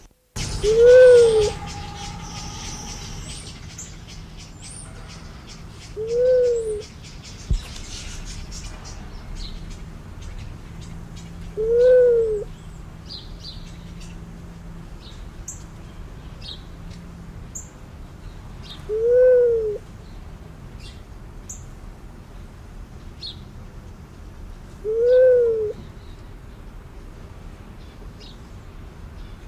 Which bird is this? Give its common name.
Luzon Bleeding-heart